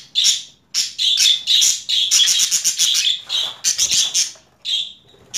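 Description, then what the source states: Budgerigar chattering: a rapid string of bright, high, scratchy chirps in loud bursts separated by short pauses, ending with a drawn-out squeaky note. Female budgerigar; a mix of different sounds.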